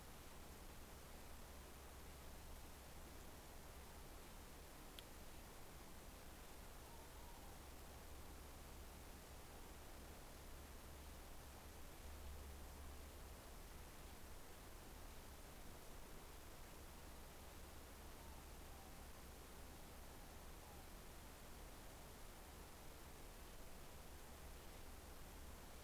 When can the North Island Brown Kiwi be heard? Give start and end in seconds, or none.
none